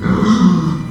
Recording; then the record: squeal of a Yucatan mini pig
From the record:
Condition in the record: after surgery on the right vocal fold (resection and tissue-engineered implant); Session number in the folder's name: 13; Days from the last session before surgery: 113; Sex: female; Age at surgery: 19 weeks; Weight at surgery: 25 kg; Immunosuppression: prednisolone